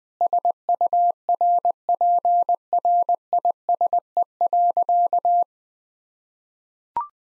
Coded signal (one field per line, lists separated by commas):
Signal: Morse code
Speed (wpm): 20 wpm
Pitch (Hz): 700 Hz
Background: none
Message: SURPRISE.